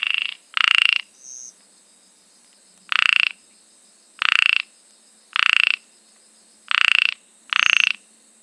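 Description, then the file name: Ornate narrow-mouthed frog producing short grating pulsed croaks, repeated roughly every second after a pause, with a soft background hum. "Microhyla ornata"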